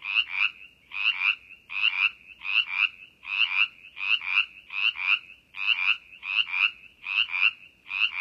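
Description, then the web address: Brimley's chorus frog calling in steady paired raspy trills, each pair repeating about every three-quarters of a second, with nothing else clearly heard. In North America. "Songs of Frogs Toads of North America. Brimleys Chorus Frog"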